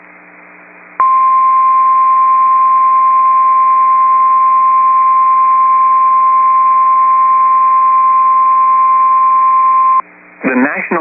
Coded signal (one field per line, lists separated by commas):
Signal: Emergency Alert System (SAME) tones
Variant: 1050 Hz attention tone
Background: speech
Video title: Tornado Warning (Sioux County, ND) (8/28/24) [EAS #23]